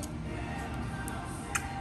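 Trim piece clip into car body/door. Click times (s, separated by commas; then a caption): 1.6 s. A car trim piece is slid along its side and pushed onto its clip in the car body or door until it locks, over a steady background of music. A sharp click at 1.6 s marks the clip seating, and the trim is then locked in place.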